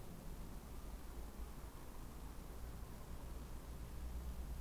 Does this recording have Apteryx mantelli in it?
no